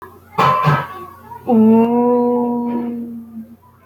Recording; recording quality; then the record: sustained vowel as in boot; excellent, no background noise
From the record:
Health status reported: healthy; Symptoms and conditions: fever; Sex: female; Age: 27 years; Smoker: not ticked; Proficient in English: yes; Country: India